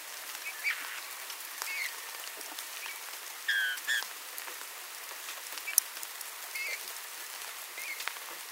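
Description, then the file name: Eurasian bullfinch calls: two clear, soft whistled notes close together, with fainter single piping notes before and after, against steady crackling patter like rain. "Pyrrhula pyrrhula"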